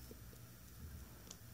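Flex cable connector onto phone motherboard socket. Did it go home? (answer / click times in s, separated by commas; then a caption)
no / none. A small flex cable connector is pressed onto its socket on a PinePhone motherboard during a motherboard replacement, against a steady low background hum with a brief faint high tick near 1.3 s. The connector does not snap on; nothing has seated or clicked yet.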